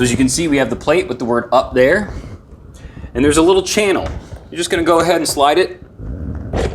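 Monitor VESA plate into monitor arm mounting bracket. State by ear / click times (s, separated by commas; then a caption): not seated / none. Someone talks while handling the metal VESA plate on the back of a monitor, with the word "up" facing up, lining it up to slide down the channel of an ATUMTEK Single Monitor Arm Desk Mount's arm head bracket, where a metal tab is meant to lock it. Brief, quiet knocks come at about 2.8 s and 6.4 s between the speech. Nothing has seated or clicked yet; the clip ends before the plate goes home.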